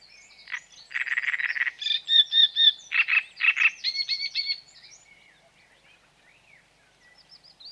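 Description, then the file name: Great reed warbler song: harsh, croaking phrases of grating notes and repeated strident syllables, loud for about four seconds, then fading to a few soft notes. "Grotekarekiet"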